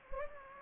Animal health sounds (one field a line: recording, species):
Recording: mosquito wingbeat signal from an infrared sensor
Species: Anopheles gambiae